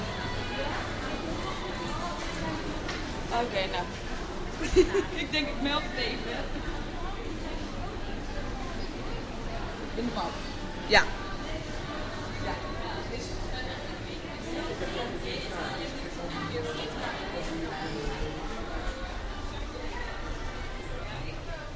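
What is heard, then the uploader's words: Customers and staff talk inside a department store, a steady murmur of overlapping voices with no single speaker standing out. A couple of sharp clicks or knocks ring out near five and eleven seconds over the low, continuous indoor hum. Klanten en personeel in De Bijenkorf aan de Grote Marktstraat. Recorded as part of "The Hague Sound City" for State-X/Newforms 2010. Customers and employees of department store De Bijenkorf.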